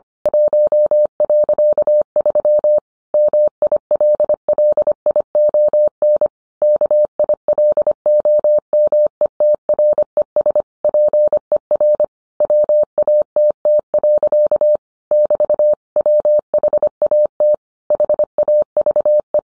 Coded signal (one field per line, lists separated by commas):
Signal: Morse code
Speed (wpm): 25 wpm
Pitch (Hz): 600 Hz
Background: none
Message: 1.3 MILLION KILOMETRES PER WATT. <BT> WHAT HAVE